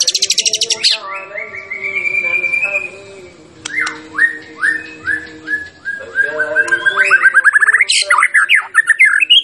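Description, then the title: White-rumped shama song: a rapid rattling burst, a long rising whistle, then a series of descending slurred notes and a fast trill of varied phrases. Champion bird; recording used for song training (masteran). "Masteran Murai Batu Juara"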